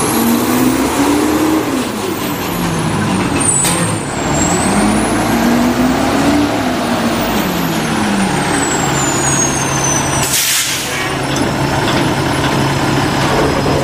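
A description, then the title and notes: A garbage truck's engine rumbles and groans steadily, its pitch rising and falling as it works. High whining tones sweep up and down above it, and a sharp hiss like an air brake bursts out around ten seconds in, with a brief dip in the noise. Garbage Trucks.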